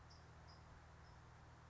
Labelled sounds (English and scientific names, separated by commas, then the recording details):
California Towhee (Melozone crissalis)
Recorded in Sonoma County, California